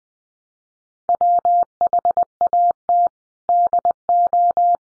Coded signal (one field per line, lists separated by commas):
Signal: Morse code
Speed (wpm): 20 wpm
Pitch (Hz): 700 Hz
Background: none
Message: WHAT DO